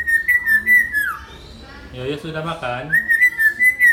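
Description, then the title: Hill myna with long tremulous whistles at the start and end, broken by a brief harsh, nasal call in between. Actively singing (gacor) hill myna, used as a tutor (masteran) for training other birds. "Suara Burung Beo Gacor Cocok Untuk Masteran"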